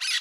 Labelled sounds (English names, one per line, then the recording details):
Brown-throated Parakeet contact call
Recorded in Curacao
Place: Hoffi Jan Thiel
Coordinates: 12.094, -68.877